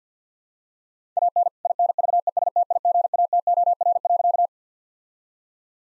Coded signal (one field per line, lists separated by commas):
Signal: Morse code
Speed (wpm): 50 wpm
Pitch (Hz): 700 Hz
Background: none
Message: AN INVESTIGATOR.